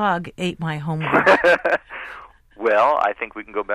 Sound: laughter